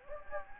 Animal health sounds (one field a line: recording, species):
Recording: mosquito wingbeat signal from an infrared sensor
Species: Anopheles gambiae